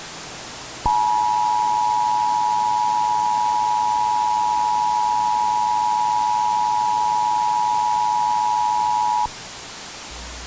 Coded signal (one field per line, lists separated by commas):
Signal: Emergency Alert System (SAME) tones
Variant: 853 and 960 Hz attention tone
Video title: EAS scenario: Turkey Point